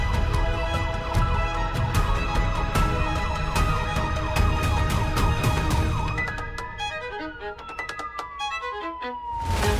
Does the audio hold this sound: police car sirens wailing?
yes